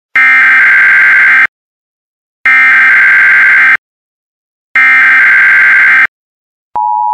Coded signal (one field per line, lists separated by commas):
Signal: Emergency Alert System (SAME) tones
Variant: header bursts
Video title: EAS *** Zombie Alert *** (LOOKS REALISTIC)